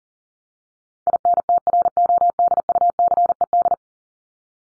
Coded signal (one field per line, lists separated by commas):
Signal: Morse code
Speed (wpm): 40 wpm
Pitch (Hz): 700 Hz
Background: none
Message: INTRODUCED